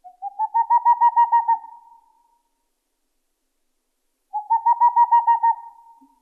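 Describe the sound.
Boreal owl giving two rapid runs of several soft, evenly spaced hoots, each run swelling in loudness then fading, separated by about two seconds of silence.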